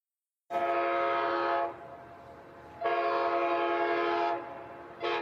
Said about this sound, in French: À peine les premiers rayons de l'aube éclairent le ciel, un long sifflement annonce l'arrivée de mon train.